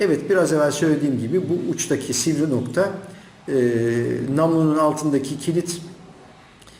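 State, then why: Seated. A man talks while reassembling a Girsan MC 27E pistol, pushing the barrel's locking lug under the barrel into place in the aluminum-framed pistol. A single faint click comes at 6.6 s as the lock seats.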